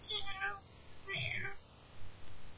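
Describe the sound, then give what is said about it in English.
A cat named Satan, trapped inside the wall of a home for three weeks, meows twice, each call a drawn-out, high-pitched, wavering cry of about half a second, separated by a short pause over a low background hum. “Apparently she was visiting the home and heard Satan meowing.”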